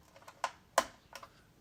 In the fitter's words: Okay, we got a nice click there.